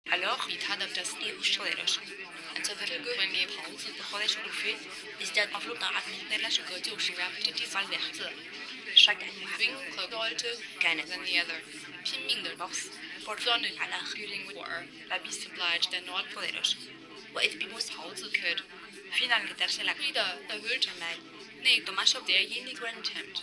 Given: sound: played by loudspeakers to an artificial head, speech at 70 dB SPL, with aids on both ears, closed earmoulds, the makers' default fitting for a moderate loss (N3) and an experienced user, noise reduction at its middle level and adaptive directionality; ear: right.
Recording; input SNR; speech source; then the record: speech test signal (ISTS) in cocktail-party noise; -3 dB; in front (0 degrees)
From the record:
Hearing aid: class 2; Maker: B